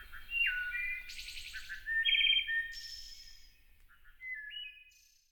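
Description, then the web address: Wood thrush song with ethereal fluted whistles and a high rattling trill, followed by softer whistled notes; faint low background rumble. North America. "Songs of Birds of North America Know Your Bird Sounds Common Western Species. Wood Thrush"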